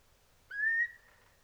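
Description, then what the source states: Eurasian curlew giving one clear whistled call that rises briefly and then holds steady, over a quiet low rumble. Recorded at night.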